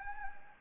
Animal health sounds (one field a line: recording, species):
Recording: mosquito wingbeat signal from an infrared sensor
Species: Anopheles gambiae